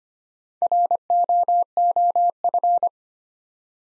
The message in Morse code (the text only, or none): ROOF